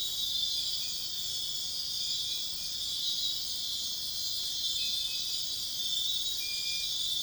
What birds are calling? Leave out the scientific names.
none